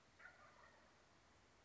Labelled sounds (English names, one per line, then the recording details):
Wild Turkey
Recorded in Sonoma County, California